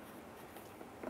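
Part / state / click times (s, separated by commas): fog light into bumper cover / not seated / none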